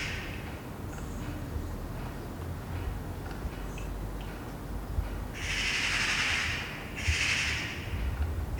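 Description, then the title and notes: Eurasian magpie giving two loud, harsh rattling bursts near the end, over low background rumble. Several magpies chattering in a tree on a Sunday morning, heard from a balcony in Saint-Gilles, Belgium, with water drops falling regularly; recorded on a Sony PCM-D100. "Saint-Gilles, Belgique - Magpies. Dimanche matin sur le balcon. Des pies jacassent dans un arbre. Des gouttes d'eau s'écoulent régulièrement. Sunday morning on the balcony. Magpies chattering in a tree"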